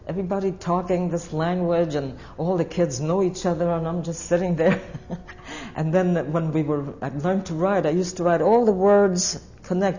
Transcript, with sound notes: Everybody was talking this language and all the kids knew each other and I'm just sitting there. (She laughs.) And then, uh, when we were, I learned to write, I used to write all the words connected.